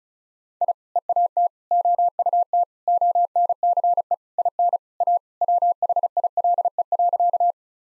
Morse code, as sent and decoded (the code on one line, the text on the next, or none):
.. / . .- - / --- ..- - / --- -. -.-. . / .. -. / .- / .-- .... .. .-.. . .-.-.-
I EAT OUT ONCE IN A WHILE.